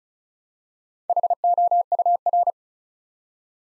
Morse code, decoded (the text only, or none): HOUR